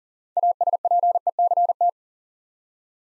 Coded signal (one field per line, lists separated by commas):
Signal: Morse code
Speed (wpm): 42 wpm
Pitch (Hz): 700 Hz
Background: none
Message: ASPECT